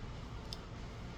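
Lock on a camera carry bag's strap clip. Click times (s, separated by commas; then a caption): 0.5 s. The lock on the attachment clip of a DJI Osmo Pocket 3 camera carry bag is closed so the bag can hang from a bag strap. A short, sharp tick sounds at 0.5 s over a steady low background hum. The lock snaps shut and holds, so the clip will not open.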